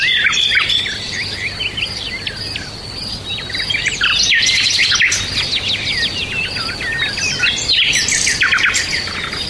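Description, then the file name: Bird song: fast, varied high chirps and warbled phrases pouring out continuously, with a few sharp clicks. "Nature Bird Sounds"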